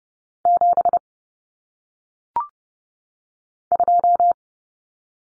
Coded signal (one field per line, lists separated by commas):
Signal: Morse code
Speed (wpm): 30 wpm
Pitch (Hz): 700 Hz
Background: none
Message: 7 2